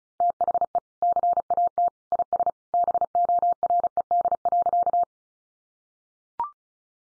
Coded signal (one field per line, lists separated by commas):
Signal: Morse code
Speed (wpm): 34 wpm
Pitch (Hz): 700 Hz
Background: none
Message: THE CAT IS BORED.